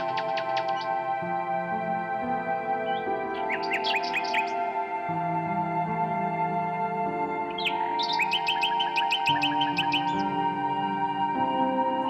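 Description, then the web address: Common nightingale song with a short click series, then two phrases of quick repeated notes with rising whistles, under a sustained low chordal drone. "Circlesandlines recordings. h wialenove - nightingale song"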